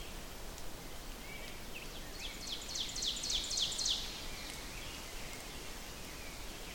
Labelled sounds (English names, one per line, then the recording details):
Ovenbird song
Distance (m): 30 m
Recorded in boreal forest in Alberta, Canada, on 4 June 2016 at 07:23
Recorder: SongMeter 3, array SBT-3-51
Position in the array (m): 185 m, 188 m
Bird 28